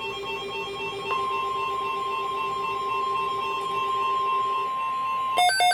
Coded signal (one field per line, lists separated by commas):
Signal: Emergency Alert System (SAME) tones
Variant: 1050 Hz attention tone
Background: music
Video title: (EAS #521-526) Severe weather alerts and one Required Monthly test from 1/3/2023